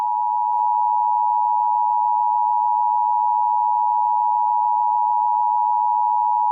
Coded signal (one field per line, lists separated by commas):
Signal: Emergency Alert System (SAME) tones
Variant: 853 and 960 Hz attention tone